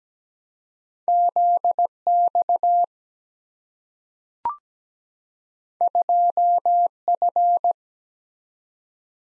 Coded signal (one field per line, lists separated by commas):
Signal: Morse code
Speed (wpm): 17 wpm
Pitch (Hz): 700 Hz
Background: none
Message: Z X 2 F